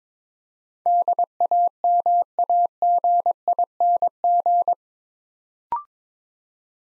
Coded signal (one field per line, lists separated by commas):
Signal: Morse code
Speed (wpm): 23 wpm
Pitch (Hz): 700 Hz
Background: none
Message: DAMAGING